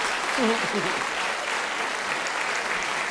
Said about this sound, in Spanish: Gracias, muy amables. No se cansen, así al final chingón el aplauso todos juntos, ¿no?